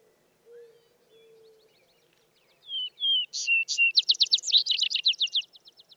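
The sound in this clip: Vesper Sparrow song opening with two clear whistles, then a rich run of fast trilled notes that fade at the end, with quiet low hoots before.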